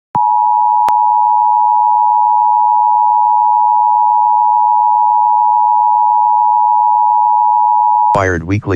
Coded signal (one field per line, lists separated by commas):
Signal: Emergency Alert System (SAME) tones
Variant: 853 and 960 Hz attention tone